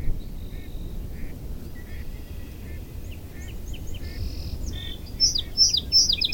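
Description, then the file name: Song sparrow song: scattered short notes and a buzzy phrase, ending in loud, sharp, rapidly repeated high chips over constant low background noise. "Tamarac whispers song sparrow"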